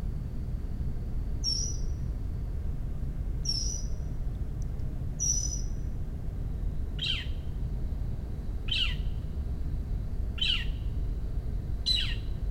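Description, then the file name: Northern mockingbird alarm calls: sharp, short notes repeated every one to two seconds, later ones sweeping downward, over a steady low rumble. Bird protesting a commotion, recorded at home in Maryland, 26 May 2012. "Northern Mockingbird Home MD 20120526 protesting commotion"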